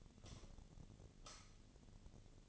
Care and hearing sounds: daily activity, microphone in the room; light off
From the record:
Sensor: 4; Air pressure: 1010.7 hPa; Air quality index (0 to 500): 171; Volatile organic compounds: 5 ppm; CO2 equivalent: 1739 ppm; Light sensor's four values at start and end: 38/109/43/44 and 37/108/43/44

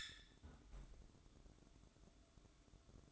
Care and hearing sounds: daily activity, microphone in the room; close fridge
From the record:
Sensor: 3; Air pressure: 1007.8 hPa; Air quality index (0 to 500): 78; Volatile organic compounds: 1 ppm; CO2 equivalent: 670 ppm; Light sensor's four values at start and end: 13/30/12/13 and 13/30/12/13

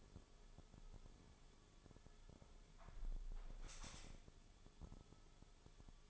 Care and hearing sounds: daily activity, microphone in the room; close window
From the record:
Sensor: 5

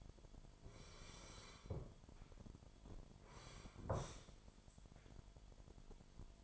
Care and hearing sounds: daily activity, microphone in the room; sit down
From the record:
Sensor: 5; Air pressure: 998.7 hPa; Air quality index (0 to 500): 93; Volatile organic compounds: 2 ppm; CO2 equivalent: 1063 ppm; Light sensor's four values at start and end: 32/77/32/36 and 32/77/32/36

